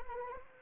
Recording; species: mosquito wingbeat signal from an infrared sensor; Anopheles arabiensis